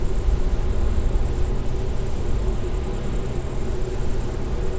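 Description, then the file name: Bush-cricket singing a sustained high-pitched buzz made of fast regular pulses, with constant deep rumble underneath. Recorded near a wind energy plant at Klein Leine, 20 August 2016, 22:24 h. "wind-energy-plant gbushcrick"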